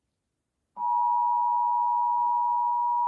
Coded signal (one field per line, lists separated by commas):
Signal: Emergency Alert System (SAME) tones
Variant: 853 and 960 Hz attention tone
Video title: EAS